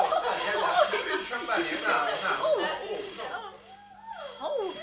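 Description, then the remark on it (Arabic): A telephone rings in repeated high, trilling bursts while several voices murmur and talk underneath, the chatter staying fairly loud throughout. “التليفون.”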